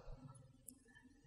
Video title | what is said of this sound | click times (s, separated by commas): Heli-Max Axe CX Micro Coaxial RTF Helicopter (2) | put it on the ball and give it a little bit of pressure and it'll kind of snap in place | 0.7 s